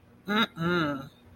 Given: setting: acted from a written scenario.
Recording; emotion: vocal sound without words; disappointment